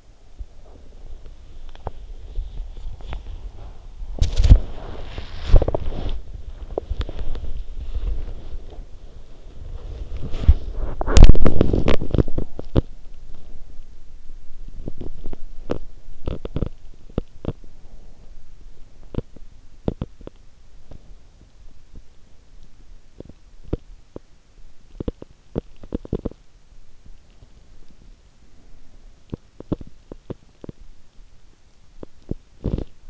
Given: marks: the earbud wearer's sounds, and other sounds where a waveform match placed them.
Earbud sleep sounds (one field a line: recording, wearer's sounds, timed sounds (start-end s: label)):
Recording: sounds in sleep by an in-ear microphone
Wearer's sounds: body movement, breath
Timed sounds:
0.00-33.10 s: body movement
13.01-15.26 s: breath
17.44-19.55 s: breath